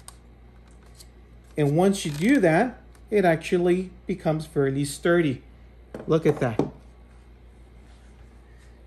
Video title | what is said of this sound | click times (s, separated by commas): Laptop Stand by AQQEF an Amazon item | it'll lock into place | 0.1 s